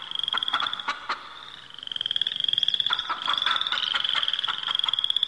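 Cricket trill: a shrill, high, nearly continuous trill that holds steady, alongside rattling pulsed croaks and clicks.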